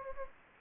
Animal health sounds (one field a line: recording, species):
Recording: mosquito wingbeat signal from an infrared sensor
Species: Anopheles gambiae